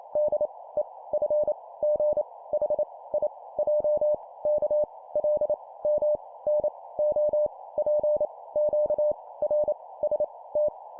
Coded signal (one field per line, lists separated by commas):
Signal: Morse code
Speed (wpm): 28 wpm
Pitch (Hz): 600 Hz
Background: none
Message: D E F G H I J K L M N O P Q R S T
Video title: 25wpm Letters, cw morse code